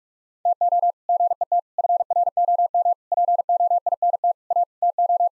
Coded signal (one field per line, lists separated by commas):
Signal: Morse code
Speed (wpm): 41 wpm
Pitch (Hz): 700 Hz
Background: none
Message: TO GET FROM POINT A TO